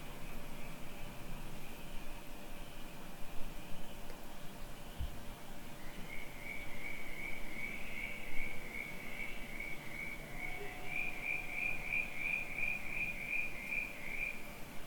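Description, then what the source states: Crickets trilling in a steady high chorus, joined after six seconds by a fast series of bright repeated chirps running to the end, over a low rumbling background. Crickets at night on a rural property.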